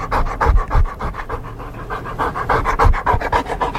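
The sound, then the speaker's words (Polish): A dog pants steadily in summer heat in Warsaw, Poland, quick, rhythmic breaths, a breathy huffing pulse repeating several times per second at moderate loudness with no voices. “Jak znosisz te upały, piesku?”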